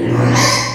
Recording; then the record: squeal of a Yucatan mini pig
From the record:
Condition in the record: before surgery on the right vocal fold (resection and tissue-engineered implant); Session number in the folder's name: 2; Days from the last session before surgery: 0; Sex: male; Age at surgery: 12 weeks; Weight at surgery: 13 kg